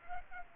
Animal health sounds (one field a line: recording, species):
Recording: mosquito wingbeat signal from an infrared sensor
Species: Culex pipiens